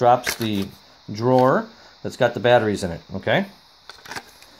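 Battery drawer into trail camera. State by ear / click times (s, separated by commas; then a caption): seated / 3.9 s. A battery drawer is slid back into the body of a Browning Strike Force BTC-5HDE trail camera while someone talks. After the talking stops, the drawer clicks into place at 3.9 s, followed by a few faint handling taps. The drawer is seated.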